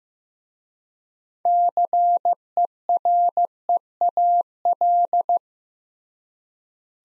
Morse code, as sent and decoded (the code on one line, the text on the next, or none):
-.-. . .-. . .- .-..
CEREAL